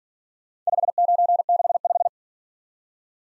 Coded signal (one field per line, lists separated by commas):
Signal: Morse code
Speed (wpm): 47 wpm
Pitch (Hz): 700 Hz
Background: none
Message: 5965